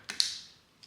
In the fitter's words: Make sure you hear the click.